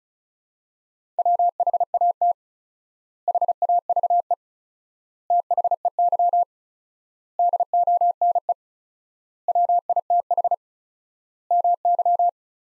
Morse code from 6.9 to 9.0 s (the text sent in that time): DONE